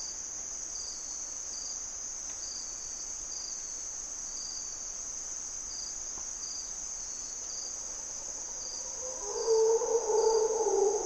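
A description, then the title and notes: Dense, steady insect chirring fills the high range of a Costa Rican jungle at dawn, pulsing evenly throughout. Near the end, around nine seconds in, a louder, rough, low-middle roar of Mantled Howler Monkeys rises and continues to the close. Mantled Howler Monkeys in Corcovado morning twilight. Monos Congos, or Mantled Howler Monkeys, waking the jungle in Costa Rica's Parque Nacional Corcovado. With their distinctive grunt and and calls, they are a defining aspect of the Osa Peninsula's Dawn and Dusk.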